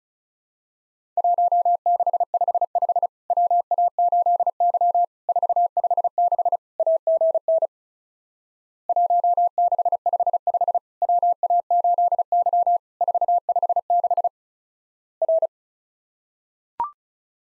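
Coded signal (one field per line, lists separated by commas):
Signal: Morse code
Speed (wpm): 36 wpm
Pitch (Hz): 700 Hz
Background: none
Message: 1655 WA8Y 456 AGN 1655 WA8Y 456 R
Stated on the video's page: Morse practice at 35 wpm simulating Worked All Europe DX Contest QTC exchanges, with random misses and repeat requests; each exchange sent, spoken, then resent.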